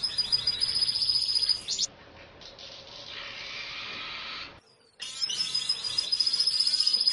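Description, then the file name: Diamond firetail song opening with high rapid notes, broken by hissing noise and a silent gap, then resuming with fast repeated high chatter. "canto do diamante sparrow"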